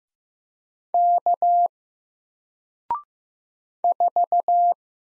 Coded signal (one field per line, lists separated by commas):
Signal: Morse code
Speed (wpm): 15 wpm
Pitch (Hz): 700 Hz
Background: none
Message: K 4